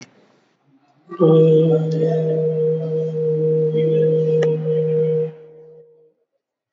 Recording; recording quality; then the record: sustained vowel as in boot; excellent, no background noise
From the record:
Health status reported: COVID-19 positive, mild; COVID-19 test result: positive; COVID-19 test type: RT-PCR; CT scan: not taken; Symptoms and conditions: sore throat, hypertension, diabetes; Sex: male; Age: 50 years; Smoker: no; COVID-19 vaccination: both doses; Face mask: not worn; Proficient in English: yes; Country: India